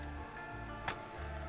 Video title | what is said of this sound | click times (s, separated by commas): ASUS X556UF MODELİ RAM VE HDD YÜKSELTME!! BİLGİSAYAR BAKIMI! | her yerine oturduğumuzda otomatikman takılacaktır tık sesini duyduk | 0.9 s